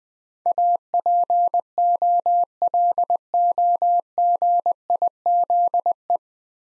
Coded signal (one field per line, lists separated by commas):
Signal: Morse code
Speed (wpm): 20 wpm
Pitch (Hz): 700 Hz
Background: none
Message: APOLOGIZE